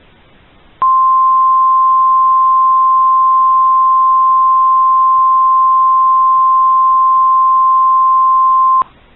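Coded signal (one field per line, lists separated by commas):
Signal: Emergency Alert System (SAME) tones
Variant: 1050 Hz attention tone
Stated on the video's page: Fictional EAS scenario, simulated alert.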